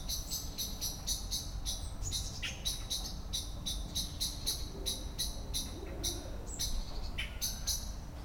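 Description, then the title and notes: Common blackbird alarm: a rapid run of hard chink notes, mixed with a few thinner downslurred calls, over a soft background hum. Excited scolding while flying from tree to tree; Lütticher Straße, Cologne, in the morning; cyclists and pedestrians on the sidewalk in the background; nearfield recording. "cologne, lütticherstrasse, amsel. amsel aufgeregt schimpfend fliegt von baum zu baum, im hintergrund fahrradfahrer und fussgänger auf dem bürgersteig, morgens"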